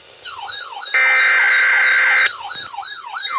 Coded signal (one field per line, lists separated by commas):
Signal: Emergency Alert System (SAME) tones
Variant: header bursts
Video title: EAS #111 - 114 Triple Header Severe Thunderstorm Warning